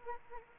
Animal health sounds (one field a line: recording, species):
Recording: mosquito wingbeat signal from an infrared sensor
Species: Anopheles arabiensis